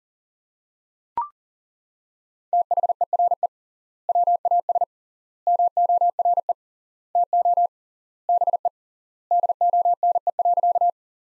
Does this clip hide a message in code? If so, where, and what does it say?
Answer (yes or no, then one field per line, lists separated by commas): yes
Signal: Morse code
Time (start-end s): 2.5-10.9 s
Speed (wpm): 40 wpm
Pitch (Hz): 700 Hz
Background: none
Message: THERE WAS MORE TO BE DONE.